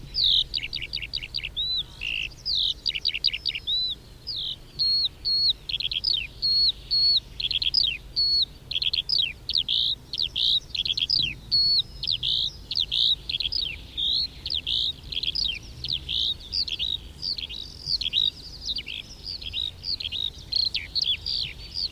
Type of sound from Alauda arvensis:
flight song